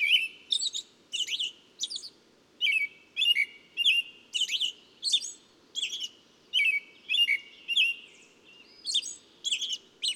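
Bird song: dense series of sharp, twittering chirps, some dropping in pitch and others stacked high, kept up almost continuously at about two per second.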